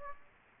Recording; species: mosquito wingbeat signal from an infrared sensor; Aedes aegypti